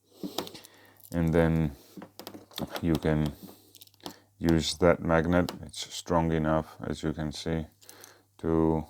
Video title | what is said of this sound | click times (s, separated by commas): The best EDC pocket flashlight - the Rovyvon A8 Gen4 review and comparison | Clicks in place like so | 0.4 s